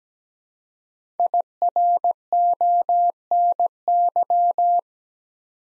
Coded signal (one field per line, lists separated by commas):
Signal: Morse code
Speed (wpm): 17 wpm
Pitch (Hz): 700 Hz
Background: none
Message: IRONY